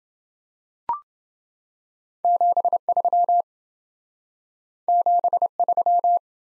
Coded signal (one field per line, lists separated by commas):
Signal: Morse code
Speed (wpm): 30 wpm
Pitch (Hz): 700 Hz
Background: none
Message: 73 73